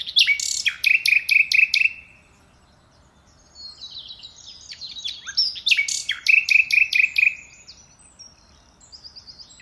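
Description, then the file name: Common nightingale song: two loud phrases, each opening with varied notes and a fast pulsed trill, separated by softer high twittering. "Luscinia megarhynchos"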